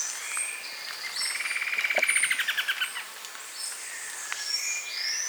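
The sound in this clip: Bird trill that builds from soft to loud and stops abruptly after about two seconds, with high whistles and chirps from other birds throughout.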